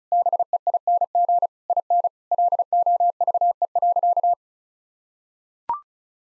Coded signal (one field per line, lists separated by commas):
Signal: Morse code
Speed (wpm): 34 wpm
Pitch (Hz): 700 Hz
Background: none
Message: BEING IN LOVE.